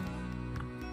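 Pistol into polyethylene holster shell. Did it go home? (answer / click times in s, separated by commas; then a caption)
no / none. A pistol is pushed into a homemade holster shell made of melted polyethylene from ice cream pail plastic. Over a steady tonal, music-like background, only a soft, weak scrape-like sound is heard around 0.6 seconds. Nothing has clicked, and the pistol gives no positive click as it goes in.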